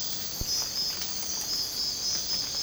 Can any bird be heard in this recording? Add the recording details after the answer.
no. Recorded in secondary vegetation near Puerto Asís, Putumayo, Colombia, on 27 June 2025 at 04:00. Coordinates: 0.484, -76.319. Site G074